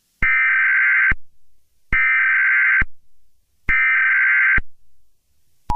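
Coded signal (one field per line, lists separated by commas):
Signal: Emergency Alert System (SAME) tones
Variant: header bursts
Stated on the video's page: EAS tones used in a Toy Story meme edit, not a real alert.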